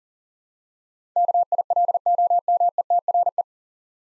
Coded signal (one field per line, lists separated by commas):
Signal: Morse code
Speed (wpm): 40 wpm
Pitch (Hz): 700 Hz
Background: none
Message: KILOMETRE